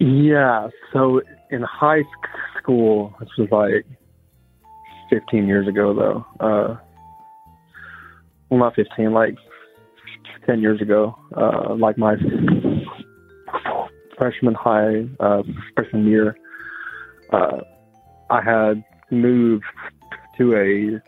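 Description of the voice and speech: An adult man speaks in short bursts broken by frequent long pauses, stretched sounds and a part-word repetition on "school," with fillers and restarts. This is disfluent speech from a continuous speech impediment that developed in his youth and never went away; the S sound is hard for him, and it worsens with stress.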